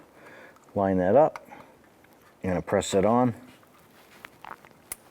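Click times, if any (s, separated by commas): 4.9 s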